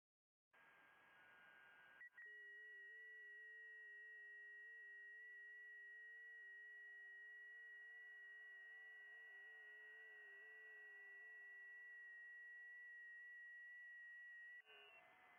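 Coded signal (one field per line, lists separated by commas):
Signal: FT8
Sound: several faint steady tones, one strong near 1.9 kHz, warbling slightly for about 12 seconds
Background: radio static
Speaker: so just come hang out say hello um and let's do a little 10 meter ft8 here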